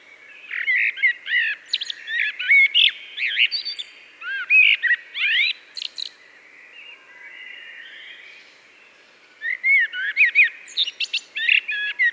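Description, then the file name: Common blackbird delivering several warbling, whistled phrases that end in chattering high notes, with a brief quieter gap before the singing resumes. "Turdus merula"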